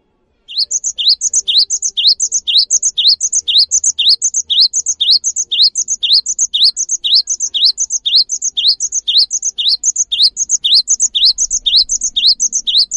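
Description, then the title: Cinereous tit singing nonstop, repeating a quick high two-part phrase, a rising whistle then a thin higher note, about two phrases per second throughout. Singing actively (gacor); its long chirping calls (wucit) stir other birds of its kind to start calling along. "GELATIK BATU GACOR WUCIT PANJANGNYA BIKIN GELATIK LAIN JADI TERPANCING UNTUK IKUT BUNYI"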